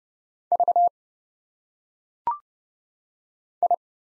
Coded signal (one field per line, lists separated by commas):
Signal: Morse code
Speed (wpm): 30 wpm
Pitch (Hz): 700 Hz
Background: none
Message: V I